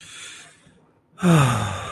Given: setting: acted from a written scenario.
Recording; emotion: vocal sound without words; serenity